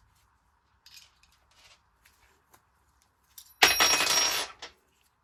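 A 12 g CO2 cartridge sits in the pistol grip of a Cybergun Desert Eagle 4.5mm air pistol while the tensioning screw is tightened, giving faint scraping ticks from about 0.9 s. At 3.6 s the cartridge is pierced with a sharp burst and a loud rushing hiss that lasts about a second before fading. The cartridge is pierced and seated.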